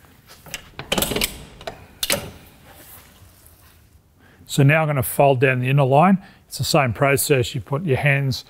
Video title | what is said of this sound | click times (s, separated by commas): How to Open and Close the Hills Double Folding Frame Clothesline | close the clothesline you basically put two hands on the spreader bar lift it above the horizontal until you hear the clicks | 0.9 s, 2.0 s